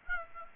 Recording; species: mosquito wingbeat signal from an infrared sensor; Aedes aegypti